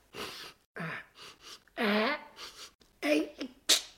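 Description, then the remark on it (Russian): After sniffing tobacco, a voice makes a string of strained, breathy gasps and rising 'ah-ah' sounds, building up to a sneeze that never arrives, ending in a short sharp hissing exhale. “Ай, вот чихнуть не могу.”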